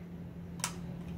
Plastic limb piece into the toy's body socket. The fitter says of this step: until you hear a click that means it's done